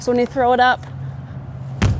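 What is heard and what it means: A heavy drop-down window on the tack room of a 2025 Cimarron Norstar 3 Horse Gooseneck trailer is thrown up and slammed shut into its latch in the trailer wall, with a good shove at the latch. Someone talks over a steady low hum, then a sharp slam rings out at 1.8 s as the window seats shut on its latch.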